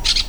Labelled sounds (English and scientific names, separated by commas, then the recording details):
Brown-throated Parakeet (Eupsittula pertinax) contact call
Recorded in Venezuela
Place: Cerro Saroche, Hato Dalmatela, Edo. Lara
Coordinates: 10.149, -69.534